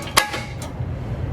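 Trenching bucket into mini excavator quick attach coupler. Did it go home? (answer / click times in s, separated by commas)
yes / 0.2 s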